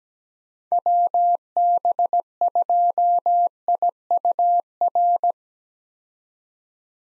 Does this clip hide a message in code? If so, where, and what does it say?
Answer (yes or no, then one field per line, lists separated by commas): yes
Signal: Morse code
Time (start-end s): 0.7-5.3 s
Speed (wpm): 17 wpm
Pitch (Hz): 700 Hz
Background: none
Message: WB2IUR